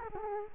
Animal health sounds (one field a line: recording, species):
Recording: mosquito wingbeat signal from an infrared sensor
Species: Culex quinquefasciatus